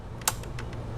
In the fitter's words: push until you hear that click